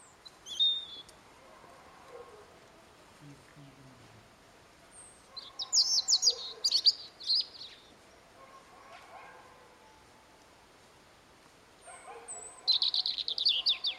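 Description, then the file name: European robin song: thin, high warbled phrases with sharp twittering notes, in three bursts separated by pauses of several seconds. "Erithacus rubecula"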